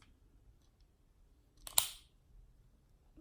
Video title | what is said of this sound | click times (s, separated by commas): Part II - Field stripping/disassembly DONT’S - Field stripping Smith & Wesson M&P Bodyguard 380 | okay hopefully you heard that click | 1.8 s